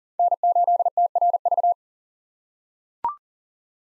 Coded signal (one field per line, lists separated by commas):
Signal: Morse code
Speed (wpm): 40 wpm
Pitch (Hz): 700 Hz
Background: none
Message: N8TRV